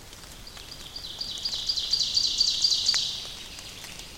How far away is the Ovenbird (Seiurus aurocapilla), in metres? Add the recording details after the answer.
about 45 m. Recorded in boreal forest in Alberta, Canada, on 28 May 2016 at 08:42. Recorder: SongMeter 3, array SBT-3-49. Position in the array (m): 38 m, 187 m. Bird 15